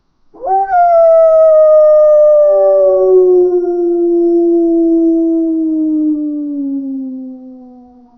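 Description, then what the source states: Wolf howl: one long, smooth, mournful note rising briefly at the start, then sliding slowly downward for about seven seconds before fading out. Howl described as sad and melancholy.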